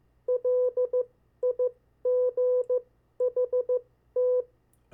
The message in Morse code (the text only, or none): LIGHT